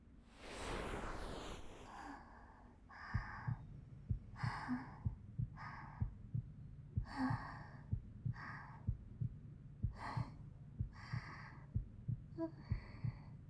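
Soft, regular low thumps at about 62 beats a minute, heard close up over an adult's heart. Breathy hiss comes and goes between the beats. It is a plain, steady heartbeat.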